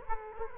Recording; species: mosquito wingbeat signal from an infrared sensor; Culex quinquefasciatus